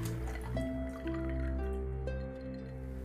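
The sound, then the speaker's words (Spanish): A drink is poured into a glass, a steady liquid gurgle whose tone climbs in steps as the vessel fills over about three seconds, with no one talking. “Pero será mejor que echemos un trago antes de seguir adelante.”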